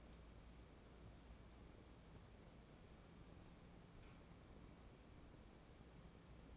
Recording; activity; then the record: daily activity, microphone in the room; wipe stove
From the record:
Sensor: 1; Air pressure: 1012.5 hPa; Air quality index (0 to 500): 143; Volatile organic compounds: 2 ppm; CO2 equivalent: 1181 ppm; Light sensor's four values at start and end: 4438/8639/4361/4517 and 4438/8639/4361/4514